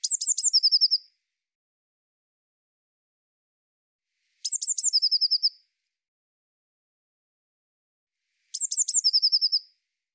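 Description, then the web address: Eurasian blue tit phrase of three piercing high notes then a rapid trill, repeated three times about every four seconds, with silence between. "cianscape birddata Deverinetal 2025 File cleaned normalized Bird Cy Ca"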